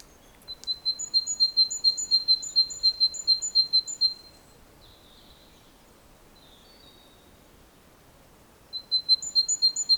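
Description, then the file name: Great tit calling with a rapid two-pitched series of sharp whistled notes for about four seconds. A quiet pause follows, then the same pattern starts again. "Parus major"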